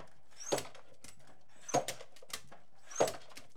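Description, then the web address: Beagle: dog with three short, clipped barks at an even pace of roughly one every 1.3 seconds, each led by a brief high squeak. "BBC Sound Effects Library. Beagle Barking"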